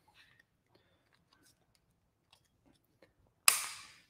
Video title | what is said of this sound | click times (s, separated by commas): 3HP Next Wave CNC Spindle Assembly Video | you can hear the snap so now those are kind of locked in place | 3.5 s